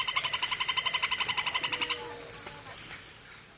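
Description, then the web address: Black-banded crake song: a fast, even run of harmonic pulses lasting about two seconds, then quiet. Song recorded in the eastern lowlands of South America. "Natures Songs S America Eastern Lowlands Laterallus fasciatus, song"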